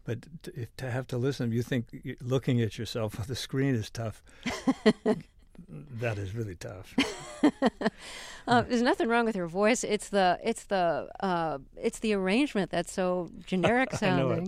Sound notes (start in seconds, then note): 4.4 soundbite of laughter; 7.0 soundbite of laughter